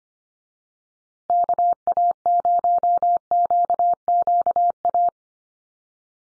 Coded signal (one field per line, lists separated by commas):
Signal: Morse code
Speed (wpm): 25 wpm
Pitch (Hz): 700 Hz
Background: none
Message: KA0QQA